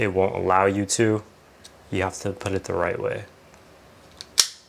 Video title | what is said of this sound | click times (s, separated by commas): Manscaped Chairman Pro - Good For Barbers? | and it'll snap into place and it's going to show you what it sounds like when you turn it on for the first time | 4.2 s, 4.4 s